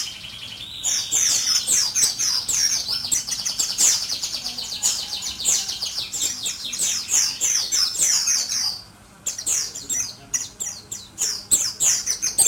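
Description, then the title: White-eye singing a long, continuous high twitter of fast, jumbled sweet notes that barely pauses, briefly dropping out near nine seconds before resuming. Pleci (white-eye) named or owned as Mr. Kebo; Malang, East Java, Indonesia. "Pleci Mr. Kebo Malang - Jawa Timur"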